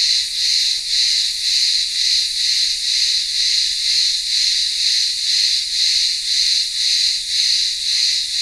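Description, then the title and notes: Cicadas produce an intense, sizzling high buzz that rises and falls in even pulses around twice per second, steady from start to end. Cicadas singing in midday heat in a village town square on the remote island of Ikaria, Greece. "Cicadas in the midday Greek heat. Greek village in the remote island of Ikaria. Town square - cicadas in the midday heat and maybe some distant voices of villagers"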